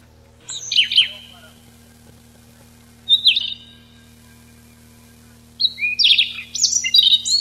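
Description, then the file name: Siberian rubythroat song in short bursts: a brief whistled phrase, another short one, then a longer jumbled warble of high notes at the end. Recorded 6 July 1991. "Ccalliopa 6 07 91"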